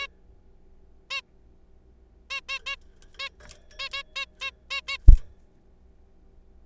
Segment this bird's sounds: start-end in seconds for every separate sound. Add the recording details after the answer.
0.01-0.07, 1.11-1.21, 2.31-2.41, 2.49-2.59, 2.66-2.76, 3.19-3.29, 3.79-3.89, 3.93-4.03, 4.16-4.25, 4.41-4.50, 4.71-4.81, 4.88-4.97. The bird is a juvenile. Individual R3428